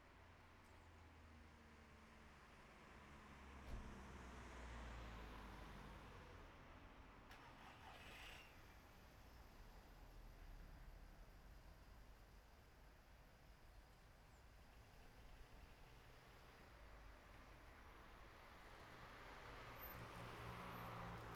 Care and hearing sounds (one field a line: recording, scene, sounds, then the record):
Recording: everyday scene through a hearing-aid microphone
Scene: in traffic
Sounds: traffic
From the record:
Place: city secondary road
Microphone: behind the ear, right, front